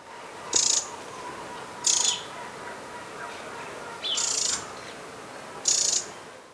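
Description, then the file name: Eurasian wren calls: four short, harsh, high-pitched scratchy bursts at uneven intervals over about six seconds, with a faint steady hiss beneath. "Troglodytes troglodytes"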